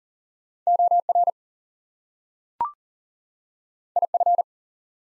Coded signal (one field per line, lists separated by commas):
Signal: Morse code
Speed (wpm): 40 wpm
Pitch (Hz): 700 Hz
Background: none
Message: OR IF